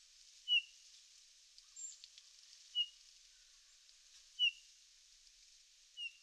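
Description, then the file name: Eurasian bullfinch giving four soft, descending piping notes, roughly every two seconds, against faint background hiss. "Pyrrhula pyrrhula"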